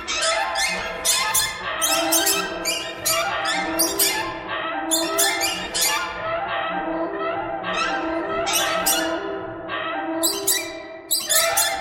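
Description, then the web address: Birds squeaking and squawking in a steady crowded chorus, rough calls repeating rapidly with brief louder surges. "soundfactory birds"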